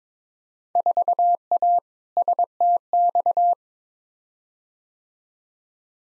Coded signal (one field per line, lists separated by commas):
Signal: Morse code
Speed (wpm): 21 wpm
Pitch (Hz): 700 Hz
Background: none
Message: 4A STX